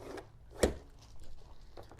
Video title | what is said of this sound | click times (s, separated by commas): GAUI R5 with RC HeliNation Mini Review | that's locked in secure with no play and then when you want to take it out | 0.6 s